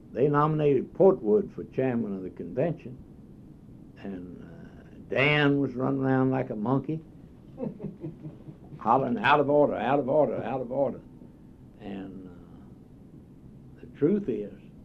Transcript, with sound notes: they nominated Portwood for chairman of the convention. And Dan was running around like a monkey [laughs] hollering, “Out of order, out of order, out of order.” And the truth is